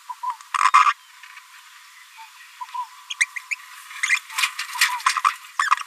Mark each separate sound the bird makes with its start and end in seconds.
0.64-0.68, 0.74-0.84, 3.10-3.13, 3.20-3.25, 3.36-3.38, 3.51-3.55, 4.03-4.06, 4.09-4.16, 5.16-5.20, 5.24-5.30